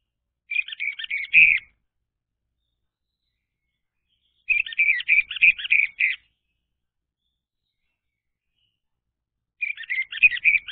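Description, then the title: Orange-headed thrush song, three dense bursts of rapid high chirps and twittering notes, a few seconds apart. Played as a lure to prompt a silent bird to sing. "Anis Merah Macet.. Pancing Dengan Suara Ini.. # Anis Merah"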